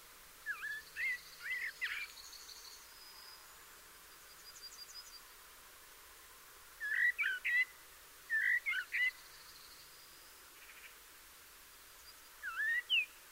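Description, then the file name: Eurasian blackbird singing short warbled phrases with faint high twittery endings, several bursts separated by pauses, over a steady low hiss. "Turdus merula"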